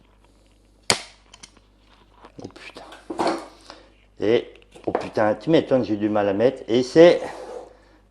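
The plastic clip of a Quicklaces quick-lace kit is pushed into the lacing of a Salomon X Ultra hiking shoe after some struggle, and it snaps into place with a loud, sharp click at 0.9 s. Two fainter clicks follow, and someone talks. The clip is seated.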